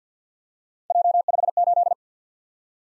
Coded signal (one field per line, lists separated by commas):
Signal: Morse code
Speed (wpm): 47 wpm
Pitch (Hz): 700 Hz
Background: none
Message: J58